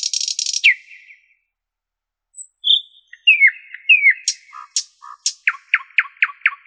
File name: Common Nightingale's song